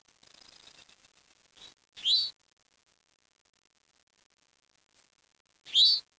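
Bird calls: a faint short chirp, then a louder note near two seconds, repeated once near the end, with a faint thin whine at the start.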